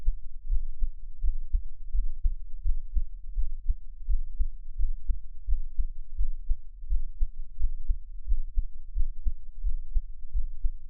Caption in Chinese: 獻上我的心跳 | Give my Heartbeat | NO Talking。